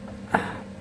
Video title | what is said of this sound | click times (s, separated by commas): How To Install Carburetor - Bobcat Rider Mower - Kawasaki Engine | and now it's clicked in. | 0.4 s